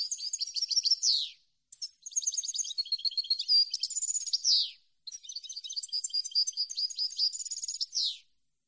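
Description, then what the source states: European goldfinch delivering almost continuous song: three long phrases of fast tinkling, chattering notes with trills, each ending in a falling buzzy slur, brief pauses between. Clean goldfinch song on CD, for birds to copy as song training.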